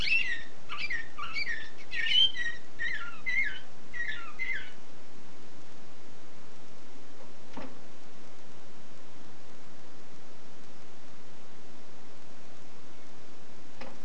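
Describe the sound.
Canary song: a run of lively chirping trills for a few seconds, followed by near silence with a couple of faint clicks.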